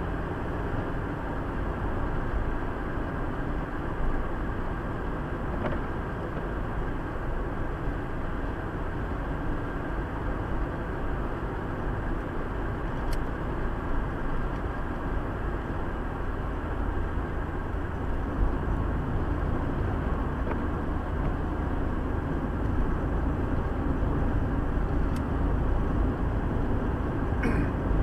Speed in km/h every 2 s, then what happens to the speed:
80, 80, 78, 78, 78, 78, 78, 77, 75, 74, 73, 73, 73, 73.
0-28 steady at about 77.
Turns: none.